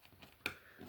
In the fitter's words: setup it should just snap right in there no problem